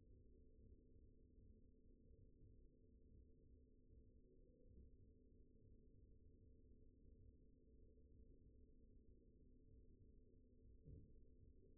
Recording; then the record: forearm muscle sounds (acoustic myography)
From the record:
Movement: pen grasping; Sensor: system 2, bracelet of six BSWA MPA416 microphones around the upper forearm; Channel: 6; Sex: male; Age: 22 years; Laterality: right